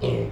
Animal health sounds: contact call of a hoofed animal; pig; closed-mouth grunt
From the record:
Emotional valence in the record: negative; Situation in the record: short social isolation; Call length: 0.32 s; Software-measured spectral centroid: 1380 Hz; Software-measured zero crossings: 830 a second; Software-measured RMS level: -25 dBFS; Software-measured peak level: -12 dBFS

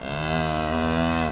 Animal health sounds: contact call of a hoofed animal; cattle; low-frequency (closed-mouth) or high-frequency (open-mouth) call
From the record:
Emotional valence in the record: negative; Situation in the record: physical separation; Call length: 1.31 s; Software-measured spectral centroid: 3400 Hz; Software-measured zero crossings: 3260 a second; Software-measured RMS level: -24 dBFS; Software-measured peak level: -9 dBFS

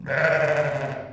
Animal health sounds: contact call of a hoofed animal; sheep; low-frequency (closed-mouth) or high-frequency (open-mouth) call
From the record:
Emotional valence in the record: negative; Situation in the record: short social isolation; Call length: 1.12 s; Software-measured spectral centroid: 1640 Hz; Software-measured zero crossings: 1650 a second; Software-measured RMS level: -23 dBFS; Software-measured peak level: -7 dBFS

